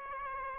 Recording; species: mosquito wingbeat signal from an infrared sensor; Aedes aegypti